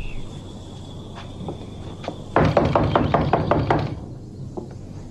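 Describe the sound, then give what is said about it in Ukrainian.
A rapid series of about eight loud, hollow knocks on a front door by Marta, struck in one quick burst after a few faint taps, then quiet again. “Біля вхідних дверей Марта.”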